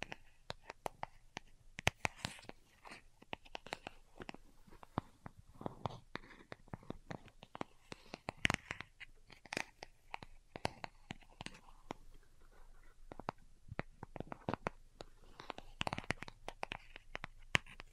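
Delicate tapping made of many short, crisp clicks scattered irregularly across the whole stretch, sometimes in quick bursts and sometimes spaced apart. The taps are bright and sharp, with a few louder ones near 8 and 16 seconds, over a very quiet background.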